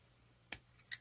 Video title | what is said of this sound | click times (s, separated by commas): The Sleeper Pen - Waterman Expert 3 Fountain Pen Review | Like how that pops and clicks, it's very good. | 0.5 s